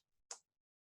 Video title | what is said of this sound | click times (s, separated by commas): FASHION ILLUSTRATION 04/30/2020 (THURSDAY) WK3, DAY 12 | i usually wait to hear the click to know i've got it on | 0.3 s